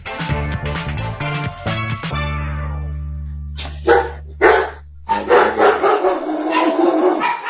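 Dogs bark loudly, first two separate sharp barks, then a rapid, continuous run of barking, following a few seconds of harmonic tones over a steady low drone.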